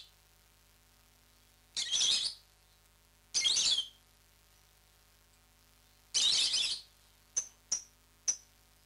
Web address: popugai-nerazluchniki -penie-nerazluchnikov. agapornis roseicollis